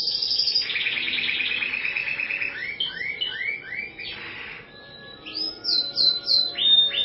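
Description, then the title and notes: Bird song opening with a long buzzy trill, then a run of arched slurred whistles, a pause, and more looping high notes. "Bird Sound. Kicau Burung Lengkap"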